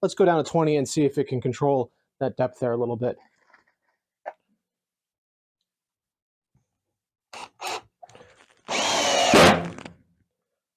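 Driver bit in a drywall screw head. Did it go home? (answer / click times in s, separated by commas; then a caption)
no / 7.3 s. Someone talks, then a Hart HPID01VN 1/2" cordless 20V drill driver at clutch setting 20 drives a drywall screw. At 7.3 s the driver bit cams out of the screw head, followed by a burst of motor whine. The screw head is stripped by cam-out rather than the clutch slipping.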